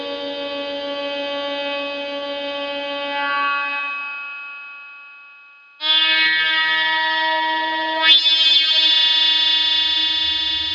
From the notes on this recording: Analog noise scape